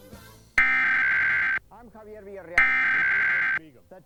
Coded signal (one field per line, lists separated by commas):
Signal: Emergency Alert System (SAME) tones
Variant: header bursts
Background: speech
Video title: National Periodic EAS Test - San Antonio Stations/KTWO-TV/WWBT (August 11, 2021)